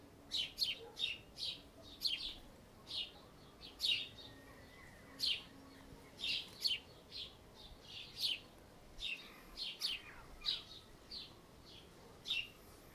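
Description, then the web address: Bird chirping: a lively run of sharp high tweets, dense at first and then spaced roughly every half second, over faint low hum. Ambience of several birds in a yard. "NS Studios - ultra sound collection ambience birds in a yard"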